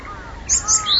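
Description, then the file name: Japanese tit call: a quick run of three high, thin notes about a fifth of a second apart, with a quiet low rumble underneath. "sijukara"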